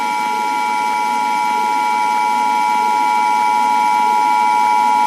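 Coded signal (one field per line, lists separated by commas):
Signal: Emergency Alert System (SAME) tones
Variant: 853 and 960 Hz attention tone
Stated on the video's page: Fictional EAS scenario.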